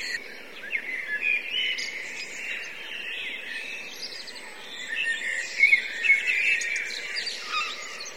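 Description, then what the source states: Blackbird flock keeps up a steady wash of squeaky, buzzy chatter, with a few sharper, louder chirps in the second half. Several blackbirds; recorded from a line-in input, with buffer overruns.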